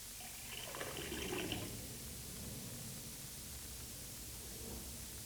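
Tap water pours briefly into a glass, a soft, rising trickle lasting about a second and a half, then fading into a steady, quiet hiss with no voices.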